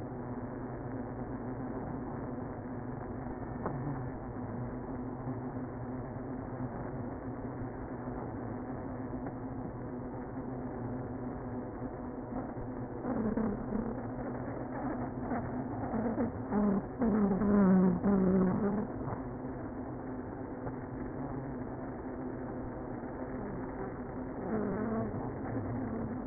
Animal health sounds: honeybee colony, microphone inside the hive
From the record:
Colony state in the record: queenless (queen removed); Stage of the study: after two queens were removed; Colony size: about 60,000 bees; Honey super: yes

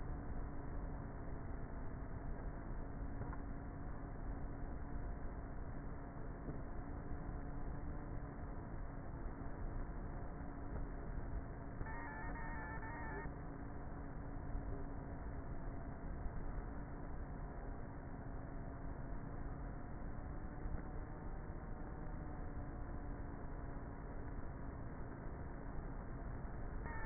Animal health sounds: honeybee colony, microphone inside the hive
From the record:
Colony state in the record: queenless with a low population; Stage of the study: before two queens were removed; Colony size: about 30,000 bees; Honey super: no

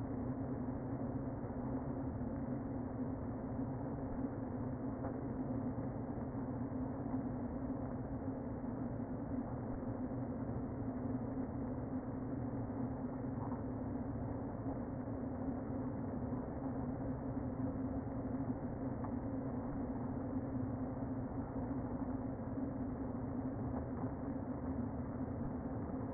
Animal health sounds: honeybee colony, microphone inside the hive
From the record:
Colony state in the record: queen present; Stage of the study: before two queens were removed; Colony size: about 60,000 bees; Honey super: yes

